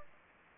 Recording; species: mosquito wingbeat signal from an infrared sensor; Anopheles gambiae